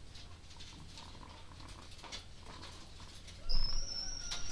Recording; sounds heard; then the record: poultry house recording; sick chickens (respiratory disease)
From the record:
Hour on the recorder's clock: 23